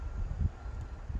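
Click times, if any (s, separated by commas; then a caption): none. The upper tube assembly of a collapsible 12-inch Dobsonian telescope is being pulled up on its extendable truss poles, which bind a little because it is cooler. There is low rumbling handling noise with a faint wind-like hiss and soft bumps around 0.4 s and 1.1 s. The truss pole has not yet clicked into its locking stop; nothing has seated.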